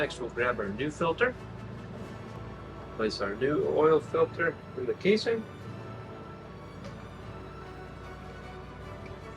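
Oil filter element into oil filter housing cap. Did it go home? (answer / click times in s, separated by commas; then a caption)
no / none. A new oil filter element for a 2016 Mercedes GLE 350 4Matic oil change is picked up and placed into its plastic filter casing, the oil filter housing cap, while someone talks over background music. The element is handled but not yet pushed home, and nothing has seated or clicked yet.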